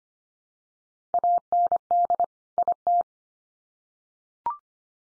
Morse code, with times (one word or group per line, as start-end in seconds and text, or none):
1.1-2.2 AND
2.6-3.0 IT